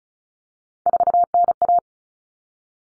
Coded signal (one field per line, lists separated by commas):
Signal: Morse code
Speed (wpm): 34 wpm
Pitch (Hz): 700 Hz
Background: none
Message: 4NA